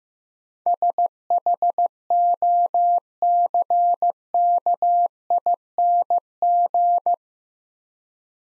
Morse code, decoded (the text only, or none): SHOCKING